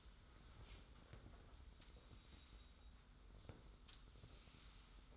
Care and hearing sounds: daily activity, microphone in the room; sweep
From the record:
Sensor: 3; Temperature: 25.5 degrees Celsius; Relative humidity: 40.5%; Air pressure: 991.3 hPa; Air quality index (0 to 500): 141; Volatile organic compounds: 321 ppm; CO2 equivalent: 4526 ppm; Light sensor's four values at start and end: 49/130/53/48 and 53/142/58/52

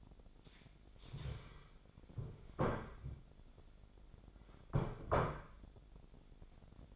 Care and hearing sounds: daily activity, microphone in the room; stand up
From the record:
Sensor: 5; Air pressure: 1008.0 hPa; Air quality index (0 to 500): 152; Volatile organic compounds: 3 ppm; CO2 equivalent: 1466 ppm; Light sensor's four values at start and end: 57/162/63/63 and 57/161/63/62

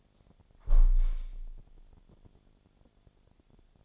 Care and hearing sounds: daily activity, microphone in the room; close window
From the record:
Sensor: 5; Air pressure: 1000.5 hPa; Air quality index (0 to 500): 152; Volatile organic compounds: 2 ppm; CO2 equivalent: 1163 ppm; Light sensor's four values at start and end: 38/91/38/41 and 38/91/38/41

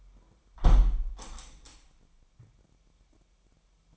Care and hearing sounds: daily activity, microphone in the room; close window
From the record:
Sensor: 1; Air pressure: 998.0 hPa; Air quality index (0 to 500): 129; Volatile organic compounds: 4 ppm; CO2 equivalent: 1538 ppm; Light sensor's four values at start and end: 17/56/22/23 and 17/56/23/23

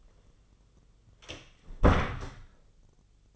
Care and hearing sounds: daily activity, microphone in the room; close door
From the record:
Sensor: 4

